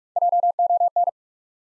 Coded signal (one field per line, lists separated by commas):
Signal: Morse code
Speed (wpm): 46 wpm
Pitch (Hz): 700 Hz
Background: none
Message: JON